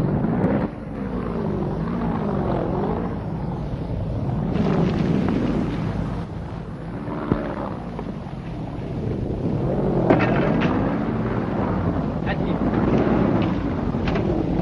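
A steady, rumbling airplane engine drone with its pitch surging and sagging unevenly, as if faltering, mixed with gusty wind noise throughout, as the plane with an engine fault comes down for an emergency landing in the desert.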